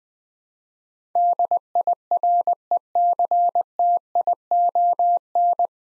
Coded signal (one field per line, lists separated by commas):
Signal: Morse code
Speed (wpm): 20 wpm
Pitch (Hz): 700 Hz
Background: none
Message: DIRECTION